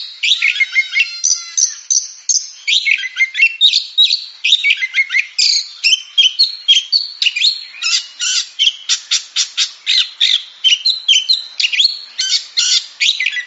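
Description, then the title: Oriental magpie-robin song opening with varied whistles, then turning into a long run of rapid, evenly spaced harsh clicking notes. Champion singing bird. "Kicau Burung Kacer Juara"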